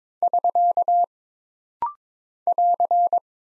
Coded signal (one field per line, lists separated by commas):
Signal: Morse code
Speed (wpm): 22 wpm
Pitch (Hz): 700 Hz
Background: none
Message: <SK> <AR>